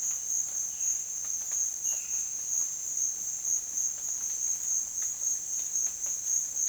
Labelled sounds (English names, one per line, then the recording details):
none
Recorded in dense forest near Puerto Asís, Putumayo, Colombia, on 29 June 2025 at 16:00
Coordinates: 0.484, -76.325
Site H65